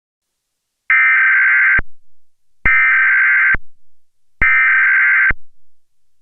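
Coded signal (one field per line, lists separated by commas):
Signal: Emergency Alert System (SAME) tones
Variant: header bursts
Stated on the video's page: Recreation of the 2011 National EAS Test; not the original broadcast.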